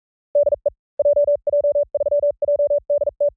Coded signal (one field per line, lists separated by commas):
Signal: Morse code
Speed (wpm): 43 wpm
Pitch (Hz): 570 Hz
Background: none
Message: DE JJ3JDT